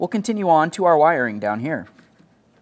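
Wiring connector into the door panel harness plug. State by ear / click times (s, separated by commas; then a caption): not seated / none. On a 2004-2015 Nissan Titan door being fitted with a power window motor and regulator assembly, someone talks for about 1.8 seconds while moving on to the wiring connector for the door panel harness plug, and then it goes quiet. The connector is being handled, but nothing has seated or clicked yet.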